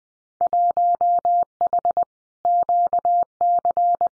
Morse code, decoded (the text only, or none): 1H QC